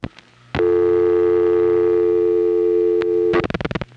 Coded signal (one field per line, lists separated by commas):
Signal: telephone call progress tone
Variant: North America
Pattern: dial tone